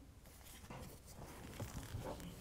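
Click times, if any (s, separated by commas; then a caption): none. A heat shield is slid down over a new pre-siliconed spark plug wire boot, and the boot is positioned before being pushed onto the spark plug. Soft rustling and scraping handling sounds are heard, with a few louder brief contacts near the end. Nothing has seated or clicked yet.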